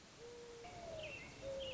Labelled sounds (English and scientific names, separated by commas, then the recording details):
Mourning Dove (Zenaida macroura)
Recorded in Sonoma County, California